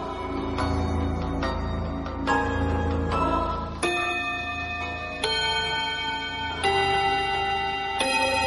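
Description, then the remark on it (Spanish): A clock bell marking the end of class chimes a run of about ten resonant strikes, each tone ringing on and overlapping the next, the later ones slower, brighter and longer-sustained. No one speaks. “La campana del reloj marcó el final de la clase.”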